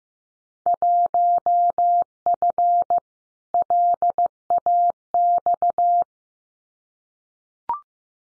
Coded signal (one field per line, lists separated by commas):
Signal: Morse code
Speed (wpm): 15 wpm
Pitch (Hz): 700 Hz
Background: none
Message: 1F LAX